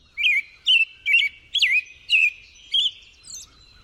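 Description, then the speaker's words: American Robin song, a string of several short, bright caroling phrases, about two a second. Long song of several phrases, remembered as cheerily, cheer up, cheer up, cheerily, cheer up; can sound a little screechy. "The robin has that whole sentence to say, cheerily, cheer up, cheer up, cheerily, cheer up."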